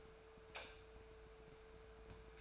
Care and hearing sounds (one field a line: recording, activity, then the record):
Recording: daily activity, microphone in the room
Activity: light off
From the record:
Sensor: 2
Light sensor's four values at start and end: 14/40/16/16 and 9/23/9/10